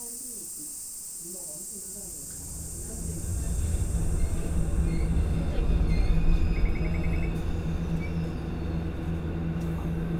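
A field recording from Kyoto opens with a few seconds of low voices over a thin high whine. Around three seconds a deep engine rumble with a steady hum swells in, peaking near six seconds, and a brief run of quick bright chirps sounds shortly after.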